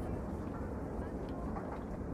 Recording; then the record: background sound without coughing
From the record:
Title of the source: Train Ride Ambience ambient white noise for sleeping, focus, studying, reading